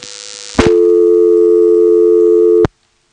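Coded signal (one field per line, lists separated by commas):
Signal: telephone call progress tone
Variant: North America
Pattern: dial tone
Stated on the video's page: Step-by-step exchange with directors, Elizabeth City NC area, 1977.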